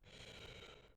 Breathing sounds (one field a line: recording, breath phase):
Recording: one breath near a microphone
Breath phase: inhalation